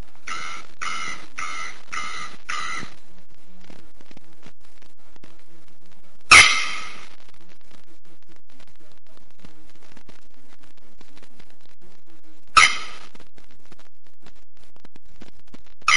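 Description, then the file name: Bearded Bellbird song: a rapid run of hammering notes, then loud single clangs about every six seconds. "Canto da araponga do nordeste"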